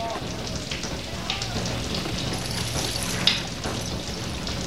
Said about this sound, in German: Es regnet immer mehr. Wenn das so weitergeht, schießt das Wasser über den Staudamm.